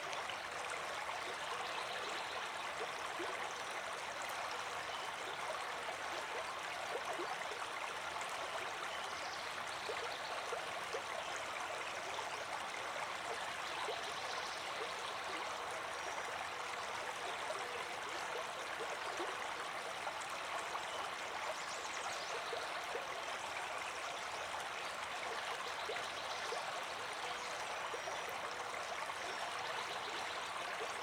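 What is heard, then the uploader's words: A stream runs steadily and densely throughout, a bright, even rush of flowing water with faint higher trickles surfacing now and then. Nature's Calming Stream. Calming stream white noise.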